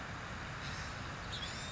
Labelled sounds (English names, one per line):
House Finch